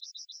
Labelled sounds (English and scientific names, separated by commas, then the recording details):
Yellowhammer (Emberiza citrinella) song
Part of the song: start
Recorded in the Czech Republic on 26 June 2014
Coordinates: 49.853, 13.942
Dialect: BhBl
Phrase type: C53
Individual h023